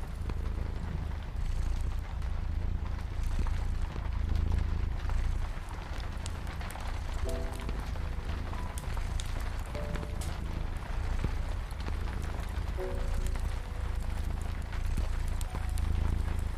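A fireplace crackles with dense, irregular pops and snaps over a steady low purring rumble that runs throughout. Soft piano notes drift in briefly after seven seconds, again near ten and thirteen seconds, and once more toward the end.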